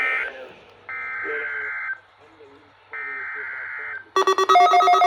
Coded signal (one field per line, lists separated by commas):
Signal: Emergency Alert System (SAME) tones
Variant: header bursts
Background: speech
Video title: 2022 Tsunami Communications Drill & Weekly Tests (EAS #1043-#1055)